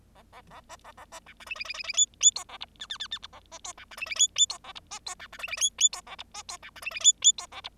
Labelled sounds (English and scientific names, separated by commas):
Bengalese Finch (Lonchura striata domestica) song